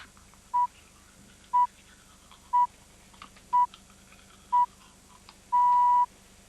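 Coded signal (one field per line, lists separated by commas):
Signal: radio time signal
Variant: Greenwich Time Signal (BBC pips)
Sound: five short 1 kHz beeps one second apart, then a half-second beep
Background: faint low hum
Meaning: The start of the final long pip marks the exact hour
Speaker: and suddenly I heard the B natural doop to be flat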